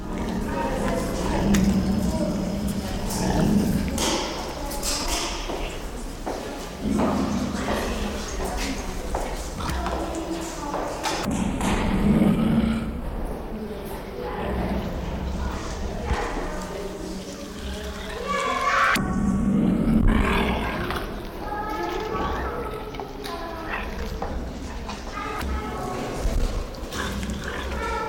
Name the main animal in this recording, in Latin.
Puma concolor